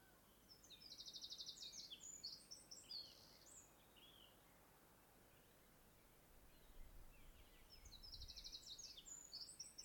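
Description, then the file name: Eurasian wren song: two bursts of very high, rapid trills and twittering notes, the second cut off at the end, over steady background hiss. "Troglodytes troglodytes"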